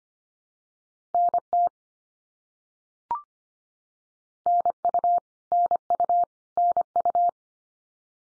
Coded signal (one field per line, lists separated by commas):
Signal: Morse code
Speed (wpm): 25 wpm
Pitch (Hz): 700 Hz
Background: none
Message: NT NU NU NU